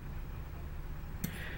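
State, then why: Seated. A new coin-cell battery is pushed by hand into the battery holder of a watch movement, with steady low background noise throughout. A single short, quiet click sounds at 1.2 s as the cell clips into place and seats.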